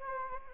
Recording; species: mosquito wingbeat signal from an infrared sensor; Anopheles gambiae